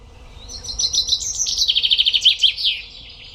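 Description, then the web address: Common chaffinch singing one full phrase, a fast trill of sharp notes that drops in pitch before a brief terminal flourish. "Deverinetal"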